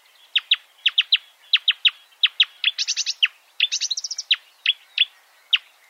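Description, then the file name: Marsh warbler song: sharp chipping notes in quick pairs and triplets, broken by two brief fast rattling series near the middle. "suara kicauan burung marsh warbler. omkicau"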